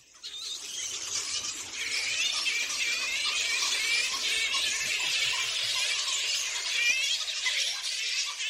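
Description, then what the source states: Flying foxes chattering in a dense, continuous mass of squeaky, high-pitched calls and squabbling shrieks, many animals overlapping throughout. Chattering in the trees at night as they talk to each other about who gets the best fruit and flowers.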